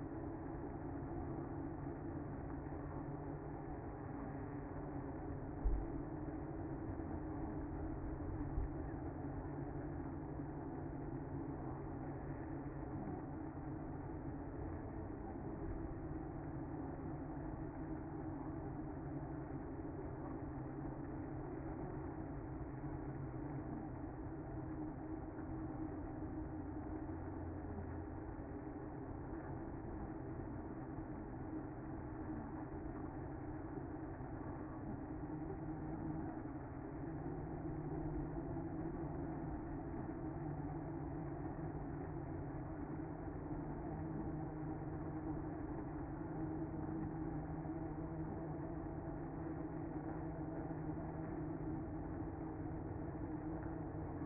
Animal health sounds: honeybee colony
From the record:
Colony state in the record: active

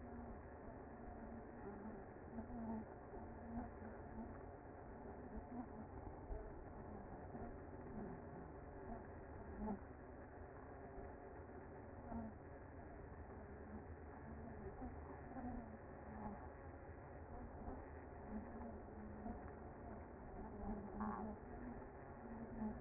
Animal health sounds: honeybee colony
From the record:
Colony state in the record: active

